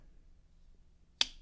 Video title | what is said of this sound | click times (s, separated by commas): Dressing up some knives! Unboxing some oldies but goodies! | Nice pop when you shut it too. | 1.2 s